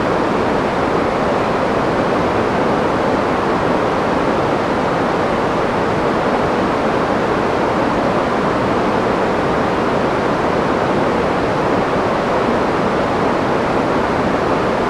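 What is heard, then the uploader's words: White noise plays as a steady, dense hiss with no breaks or events across the whole stretch. It sounds full, rich in the low and middle range, with a softer, airy top, somewhat like rushing surf or wind that never changes. White Noise Optimized for Masking Speech.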